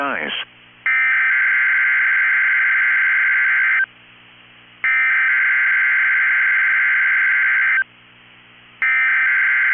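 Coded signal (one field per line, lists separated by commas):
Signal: Emergency Alert System (SAME) tones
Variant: header bursts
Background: speech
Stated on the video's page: Required weekly test received from NOAA Weather Radio station; a make-up for the Mount Holly test.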